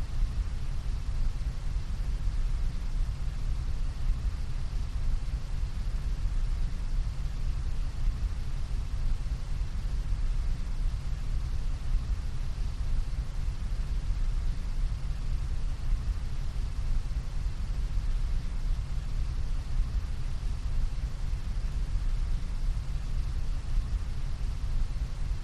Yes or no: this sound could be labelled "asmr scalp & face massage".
no